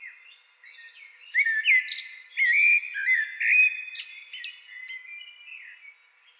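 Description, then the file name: Common blackbird song: a run of low, fluted, slurred whistles, mixed with thin squeaky high notes and a brief twittering flourish near the end, then fading out. "Turdus merula"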